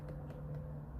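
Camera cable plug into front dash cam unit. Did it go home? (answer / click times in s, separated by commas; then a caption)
no / none. A front camera cable plug is handled at its socket on a BlackVue DR900S-2CH dash cam over a steady low vehicle-like hum with faint brief rustles. Nothing has seated or clicked yet.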